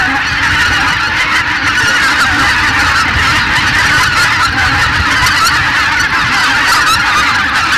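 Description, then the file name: Greater white-fronted goose: greater white-fronted geese in a large flock, many birds yelping and honking at once in an unbroken, busy wall of calls. Massed flock chatter ('bazaar') of greater white-fronted geese. "Белолобый базар"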